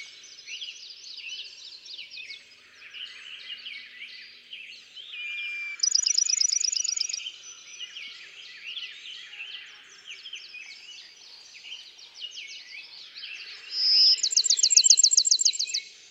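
Bachman's sparrow giving two songs: a short trilled phrase, then later a clear whistle leading into a rapid rattling trill, amid constant chirping from many other birds.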